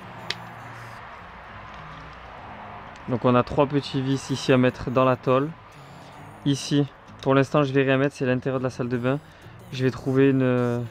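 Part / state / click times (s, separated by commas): ventilation fan unit into van bathroom wall cutout / seated / 0.3 s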